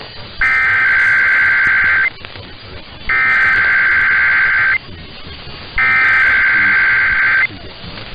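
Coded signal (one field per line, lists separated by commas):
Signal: Emergency Alert System (SAME) tones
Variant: header bursts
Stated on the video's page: Automated weekly tests caught on two radio stations and one TV station.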